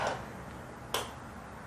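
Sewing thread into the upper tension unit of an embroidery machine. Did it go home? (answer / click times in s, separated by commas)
yes / 0.9 s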